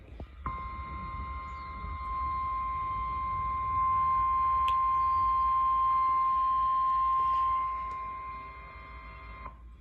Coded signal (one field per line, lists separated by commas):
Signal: Emergency Alert System (SAME) tones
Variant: 1050 Hz attention tone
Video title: EAS Alerts From 6/24/25 #COWX